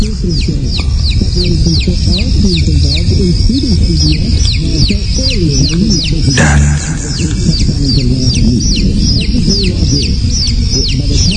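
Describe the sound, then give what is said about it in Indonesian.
Chicks peep in a steady, rapid series of thin, high-pitched chirps that continue throughout, sounding distant, while a person talks underneath at a lower pitch. “aku pun tahu suara anak ayam pertanda adanya kuntilanak.”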